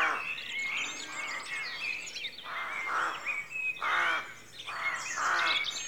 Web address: BBC Sound Effects Library (Exterior Atmospheres-Rural Backg) Rookery Dawn